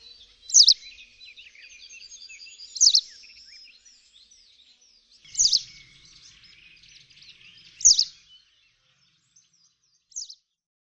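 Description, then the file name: White wagtail calls: sharp, high chirped notes repeated about every two to three seconds, five in all, with faint twittering between. "PLISZKASIWA"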